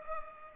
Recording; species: mosquito wingbeat signal from an infrared sensor; Culex pipiens